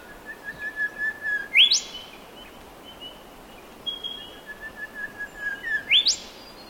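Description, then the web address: Bird calls: a long, thin, steady whistle ending in a sharp rising upsweep, given twice about four seconds apart, over a constant background hiss. "Sound Effects-Foundation 1 BIRD UNKNOWN WARBURTON CALL"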